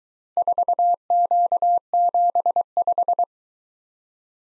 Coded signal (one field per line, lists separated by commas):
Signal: Morse code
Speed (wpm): 22 wpm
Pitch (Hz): 700 Hz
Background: none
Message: 4Q75